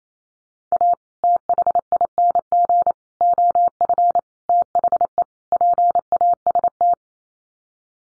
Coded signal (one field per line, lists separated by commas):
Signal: Morse code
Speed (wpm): 28 wpm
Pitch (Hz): 700 Hz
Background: none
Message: A THING OF THE PAST